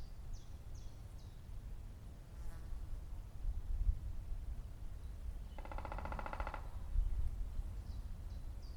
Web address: Picchio tridattilo